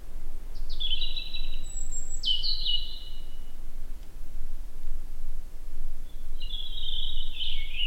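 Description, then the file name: European robin with several thin, high, sweeping trilled phrases, the last after a pause, over a quiet, steady background hiss. "Erithacus rubecula"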